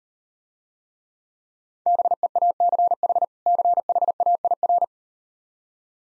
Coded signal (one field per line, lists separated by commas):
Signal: Morse code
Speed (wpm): 39 wpm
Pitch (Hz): 700 Hz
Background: none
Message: BEACH CHAIR